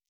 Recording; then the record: hydrophone in a shrimp aquaculture tank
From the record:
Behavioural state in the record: stressed